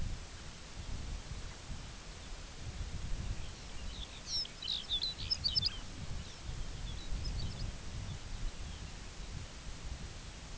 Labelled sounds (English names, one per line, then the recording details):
Lapland Longspur
unidentified sound
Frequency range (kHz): Lapland Longspur 1.5-7.2 kHz
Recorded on Arctic tundra, site UTQI-2, on 17 June 2019
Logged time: 14:00